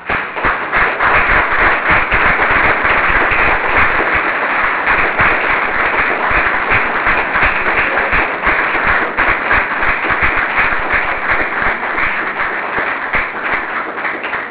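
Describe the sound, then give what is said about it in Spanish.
A crowd at a Faminat conference lecture applauds steadily for about fifteen seconds, a dense, loud wash of many overlapping claps that holds an even level throughout, with no voices breaking through. “Aplausómetro, ¿no? Debe ser por lo breve.”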